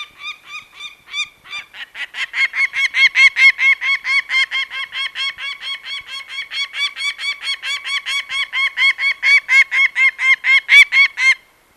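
Peregrine falcon producing a sustained string of harsh, even-paced kak notes that swell in volume after the first couple of seconds and continue almost to the end.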